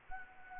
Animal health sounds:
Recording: mosquito wingbeat signal from an infrared sensor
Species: Anopheles gambiae

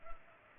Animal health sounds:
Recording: mosquito wingbeat signal from an infrared sensor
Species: Culex pipiens

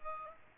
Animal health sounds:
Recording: mosquito wingbeat signal from an infrared sensor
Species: Aedes aegypti

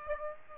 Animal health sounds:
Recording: mosquito wingbeat signal from an infrared sensor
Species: Aedes aegypti

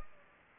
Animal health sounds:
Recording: mosquito wingbeat signal from an infrared sensor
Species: Anopheles gambiae

